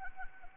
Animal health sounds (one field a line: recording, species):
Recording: mosquito wingbeat signal from an infrared sensor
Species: Anopheles arabiensis